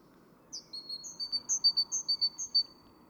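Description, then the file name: Great tit giving a bright run of high paired notes, each sharp high note dropping to a lower one, repeated rapidly for about two seconds. "Parus major"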